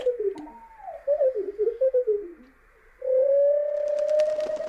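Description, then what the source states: Skylark song heavily slowed, low wavering whistled notes sliding down, then a long steady drawn-out tone with faint clicks. Same skylark song, slowed down even more than four times.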